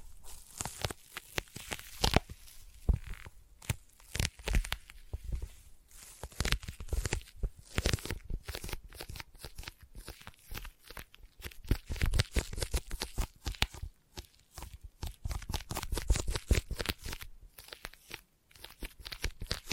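Sticky tapping with no talking: quick, dense taps and crackly peeling sounds, each a sharp bright snap followed by a tacky release. The rhythm is irregular, with bursts of rapid taps and brief quiet gaps throughout, and some crinkly, tearing textures mixed in.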